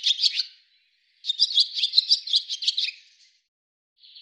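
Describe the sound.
Bird chirping: a short burst of high notes, a pause, then a two-second run of rapid twitters, with a faint thin note at the very end.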